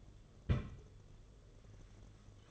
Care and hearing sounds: daily activity, microphone in the room; place on stove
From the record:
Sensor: 4

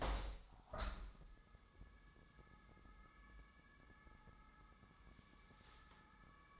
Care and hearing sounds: daily activity, microphone in the room; open window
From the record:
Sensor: 3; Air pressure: 1000.4 hPa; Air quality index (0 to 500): 142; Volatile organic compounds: 2 ppm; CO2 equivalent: 1239 ppm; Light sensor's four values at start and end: 13/34/13/15 and 14/35/14/16

